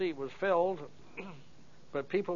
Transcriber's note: cough